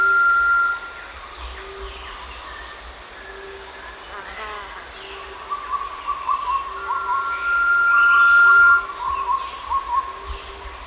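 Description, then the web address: Blue-banded pitta giving a steady drawn-out whistle twice, with quick chirps between and alongside the calls. Recorded at Danum on 1 March 2008. "DANUM 20080301. blue-banded pitta"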